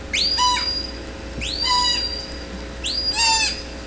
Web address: SRKW call-catalog. Orca Calls Alwin. call S 13 (Jversion 3 in a row)